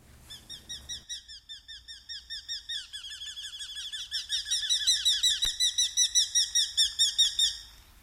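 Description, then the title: Eurasian hobby giving a long series of shrill kew-kew notes that builds in loudness, then fades at the end. "Viikon luontoääni: Nuolihaukka"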